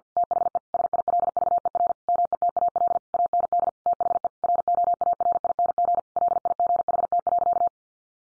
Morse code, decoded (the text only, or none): THE SILVER METAL AND THE ROARING LIGHT.